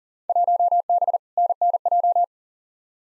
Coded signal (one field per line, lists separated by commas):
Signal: Morse code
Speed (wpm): 39 wpm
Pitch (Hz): 700 Hz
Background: none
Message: 1B NNJ